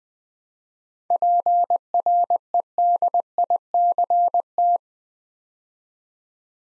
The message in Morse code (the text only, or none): PREDICT